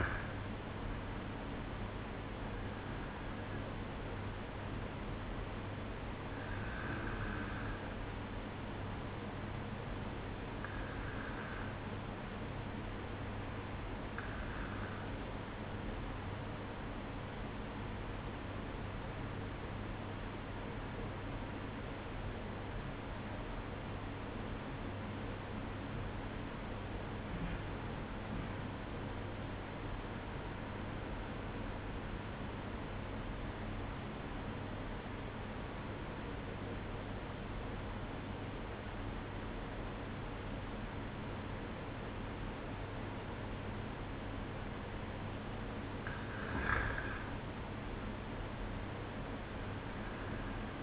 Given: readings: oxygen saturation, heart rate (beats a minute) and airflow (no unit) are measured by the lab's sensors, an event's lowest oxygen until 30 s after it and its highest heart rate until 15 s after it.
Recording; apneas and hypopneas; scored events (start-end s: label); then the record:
breathing in sleep by a voice recorder at the bedside; 1
12.00-44.50 s: obstructive apnea (N1, oxygen 95% highest, then 92% lowest, heart rate 56 at the start, 62 highest)
From the record:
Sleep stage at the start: N1 (lightest sleep); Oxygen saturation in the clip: 93 to 95%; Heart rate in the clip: 55 to 62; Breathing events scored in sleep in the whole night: 305 in 9.6 hours asleep